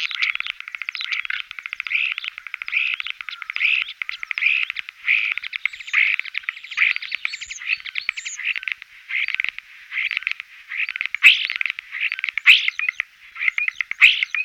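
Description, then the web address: Common starling song, a steady run of rapid rattling, buzzy phrases repeated in quick succession, with a few thin whistles mixed in. "Voegel Star"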